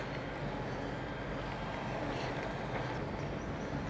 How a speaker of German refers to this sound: Das Geräusch, was ihr jetzt hier hört. Trecker, Mistanhänger und der verteilt die Scheiße schön auf der Wiese. Mann, kann das Ding weit werfen. Ist locker ein 20 Meter Radius, wenn nicht mehr.